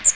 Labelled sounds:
Magnolia Warbler (Setophaga magnolia) flight call

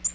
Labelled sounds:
Tennessee Warbler (Leiothlypis peregrina) flight call

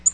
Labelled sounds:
Tennessee Warbler (Leiothlypis peregrina) flight call

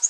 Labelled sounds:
Orange-crowned Warbler (Leiothlypis celata) flight call

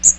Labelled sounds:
Magnolia Warbler (Setophaga magnolia) flight call

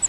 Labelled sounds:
Grace's Warbler (Setophaga graciae) flight call

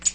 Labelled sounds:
Tennessee Warbler (Leiothlypis peregrina) flight call

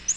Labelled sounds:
Nashville Warbler (Leiothlypis ruficapilla) flight call

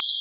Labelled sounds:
Common Yellowthroat (Geothlypis trichas) flight call

